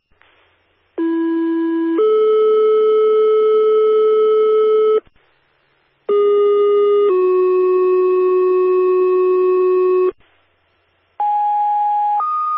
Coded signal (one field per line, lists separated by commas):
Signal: two-tone page